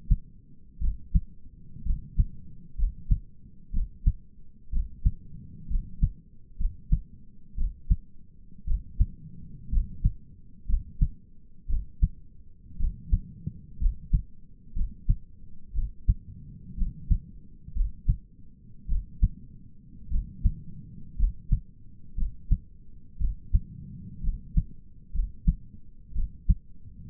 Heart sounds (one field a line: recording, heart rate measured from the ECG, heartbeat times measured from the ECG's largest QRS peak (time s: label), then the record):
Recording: heart sounds by stethoscope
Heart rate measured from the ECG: 59 bpm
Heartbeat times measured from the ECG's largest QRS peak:
0.82 s: heartbeat
1.86 s: heartbeat
2.79 s: heartbeat
3.74 s: heartbeat
4.73 s: heartbeat
5.71 s: heartbeat
6.60 s: heartbeat
7.58 s: heartbeat
8.68 s: heartbeat
9.73 s: heartbeat
10.69 s: heartbeat
11.70 s: heartbeat
12.80 s: heartbeat
13.81 s: heartbeat
14.76 s: heartbeat
15.75 s: heartbeat
16.78 s: heartbeat
17.76 s: heartbeat
18.89 s: heartbeat
20.11 s: heartbeat
21.19 s: heartbeat
22.18 s: heartbeat
23.21 s: heartbeat
24.24 s: heartbeat
25.14 s: heartbeat
26.16 s: heartbeat
From the record:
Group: healthy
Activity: rest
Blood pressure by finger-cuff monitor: 102/63 mmHg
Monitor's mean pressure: 76 mmHg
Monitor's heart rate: 60 bpm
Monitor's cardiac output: 5.4 L/min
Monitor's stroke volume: 93 mL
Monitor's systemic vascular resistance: 990 dyn s/cm5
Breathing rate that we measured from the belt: 16 breaths a minute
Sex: male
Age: 22 years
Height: 181 cm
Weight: 79 kg